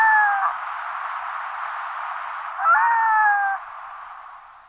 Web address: chant plongeon catmarin